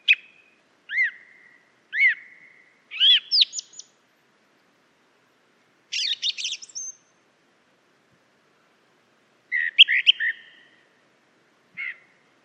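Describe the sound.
Song thrush song: a clear whistled note given twice, then varied buzzy and chattering phrases separated by pauses.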